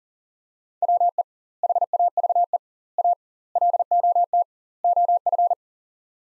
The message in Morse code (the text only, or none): WE HAVE A LOT OF